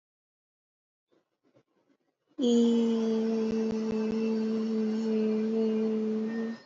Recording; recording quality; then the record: sustained vowel as in beet; excellent, no background noise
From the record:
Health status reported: exposed to COVID-19, no respiratory illness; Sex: female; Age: 22 years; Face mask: worn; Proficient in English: yes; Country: India